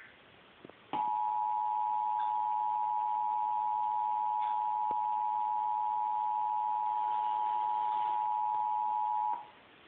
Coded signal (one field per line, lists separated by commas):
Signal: Emergency Alert System (SAME) tones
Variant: 853 and 960 Hz attention tone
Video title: Emergency Broadcast System test 11/9/2011